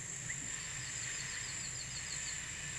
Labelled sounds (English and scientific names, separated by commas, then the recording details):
none
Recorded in pastures near Puerto Asís, Putumayo, Colombia, on 23 June 2025 at 16:00
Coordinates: 0.486, -76.323
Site H29